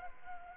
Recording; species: mosquito wingbeat signal from an infrared sensor; Anopheles arabiensis